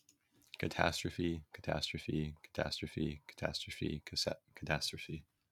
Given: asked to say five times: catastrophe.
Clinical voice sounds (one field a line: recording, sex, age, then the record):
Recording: repeated word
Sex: male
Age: 18 to 19 years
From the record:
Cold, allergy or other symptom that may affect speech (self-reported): no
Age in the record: 18 years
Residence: California, United States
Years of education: 13